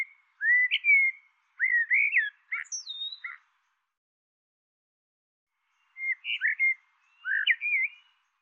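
Bird giving bursts of whistled, slurred notes that rise and fall, grouped in short phrases with a pause of over two seconds before two more phrases; no other sounds.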